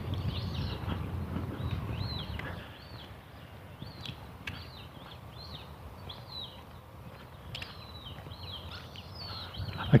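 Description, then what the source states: Cooper's hawk, thin whistled cheep calls, sharply arched notes repeated throughout, with a low rumble at the start. More than one Cooper's hawk heard on a morning walk; call described as a cheep sound, sort of whistle.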